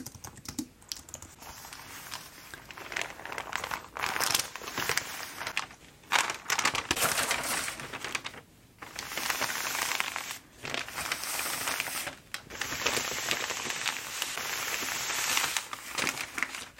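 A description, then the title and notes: Paper packaging crinkles and crushes in dense, bright bursts, with brief pauses near seconds 6, 8.5, 10 and 12 between handling sessions. All The Paper Packaging Sounds. Today, I’ll help take care of checking out all your items, carefully inspecting them and then packaging them together, in some lovely crinkly paper and tissue paper.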